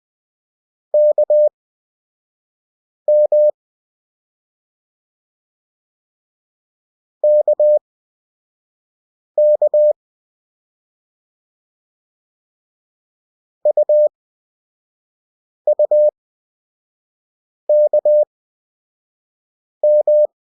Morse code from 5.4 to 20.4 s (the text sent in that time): KK UUKM